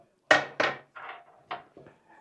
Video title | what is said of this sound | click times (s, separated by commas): Seevoo Office Chair Desk Chair High Back Computer Chair - Adjustable Lumbar Support with Flip-Up | and spread apart and gently snap into place | 0.3 s